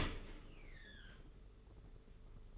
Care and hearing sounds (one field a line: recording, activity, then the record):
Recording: daily activity, microphone in the room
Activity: open dishwasher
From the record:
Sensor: 4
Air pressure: 992.1 hPa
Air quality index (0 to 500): 108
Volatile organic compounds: 17 ppm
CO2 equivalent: 2585 ppm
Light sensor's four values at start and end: 23/78/28/30 and 23/78/28/30